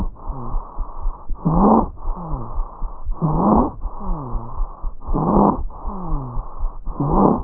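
Harsh, musical noise with every breath of an infant, about 32 a minute: stridor from a narrowed upper airway.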